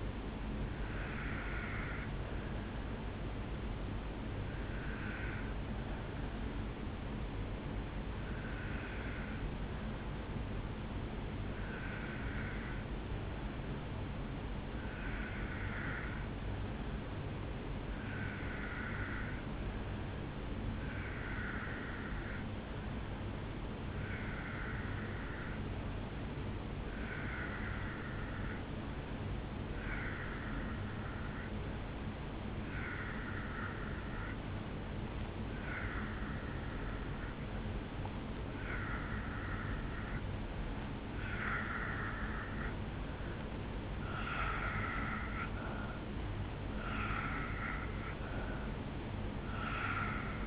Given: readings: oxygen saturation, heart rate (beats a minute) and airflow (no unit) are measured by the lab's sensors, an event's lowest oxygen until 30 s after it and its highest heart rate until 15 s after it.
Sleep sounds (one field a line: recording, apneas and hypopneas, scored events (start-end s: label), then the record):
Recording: breathing in sleep by a voice recorder at the bedside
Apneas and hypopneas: 1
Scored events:
9.00-42.80 s: obstructive apnea (N2, oxygen 96% highest, then 85% lowest, heart rate 53 at the start, 67 highest)
From the record:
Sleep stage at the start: N2 (light sleep)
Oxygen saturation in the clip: 87 to 96%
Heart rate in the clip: 53 to 67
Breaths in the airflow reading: 5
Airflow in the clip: -4.3 to 2.9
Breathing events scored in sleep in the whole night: 449 in 7.0 hours asleep